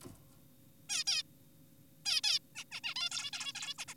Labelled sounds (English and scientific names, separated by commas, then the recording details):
Zebra Finch (Taeniopygia guttata)
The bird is an adult
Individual g4p5U